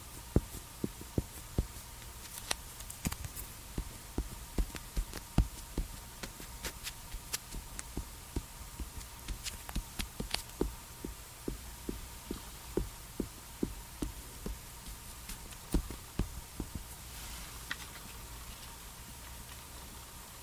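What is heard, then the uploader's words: Skincare and makeup handling: a steady run of soft taps, clicks and small knocks, scattered irregularly every fraction of a second, some sharper than others. A faint low hum and a thin steady tone sit underneath throughout, with a brief brushing sound near seventeen seconds. TimASMR-Doing Your Summer Skincare Routine and Makeup Sounds NO TALKING.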